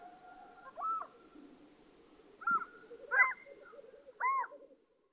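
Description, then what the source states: Black-throated loon giving four brief arched calls at irregular intervals, over a soft continuous background hiss. Recorded with echo.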